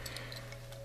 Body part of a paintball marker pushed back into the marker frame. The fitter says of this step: oh there you go okay so whenever you push back into place you want to hear a click and then everything should be fine